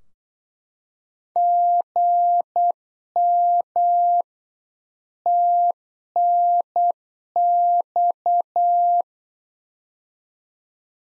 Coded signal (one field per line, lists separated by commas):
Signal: Morse code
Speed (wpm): 8 wpm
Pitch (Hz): 700 Hz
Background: none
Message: GM TNX